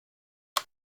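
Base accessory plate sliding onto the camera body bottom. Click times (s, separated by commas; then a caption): 0.6 s. A base accessory plate is pushed back onto the bottom of a Zeiss Ikon Contaflex camera body after being removed, and it clicks into place at 0.6 s. The sound is a single short, sharp click, with silence before and after, confirming the accessory is seated.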